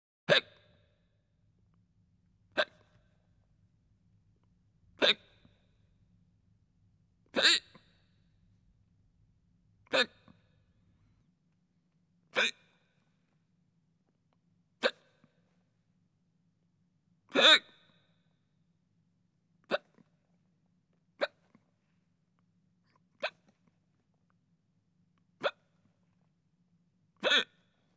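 Repeated hiccups from an adult.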